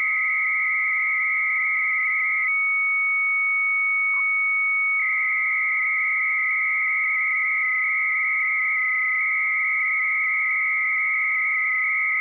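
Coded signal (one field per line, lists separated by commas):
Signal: 300-baud modem data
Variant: Bell 103, 300 baud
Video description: Here’s a practical demonstration of a program called Minimodem, which I’m using to talk to a BBS at 300 bits per second using the Bell 103 modulation scheme.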